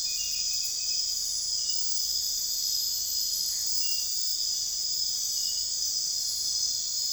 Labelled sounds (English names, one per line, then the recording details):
none
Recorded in secondary vegetation near Puerto Asís, Putumayo, Colombia, on 21 December 2024 at 22:30
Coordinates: 0.484, -76.319
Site GP06